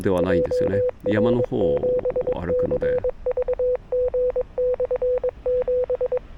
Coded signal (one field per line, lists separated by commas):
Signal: Morse code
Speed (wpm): 22 wpm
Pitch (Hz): 500 Hz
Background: speech, radio noise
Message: JR7CVG/7